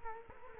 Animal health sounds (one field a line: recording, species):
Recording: mosquito wingbeat signal from an infrared sensor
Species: Culex quinquefasciatus